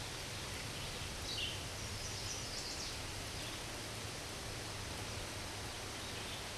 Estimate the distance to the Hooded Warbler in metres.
about 100 m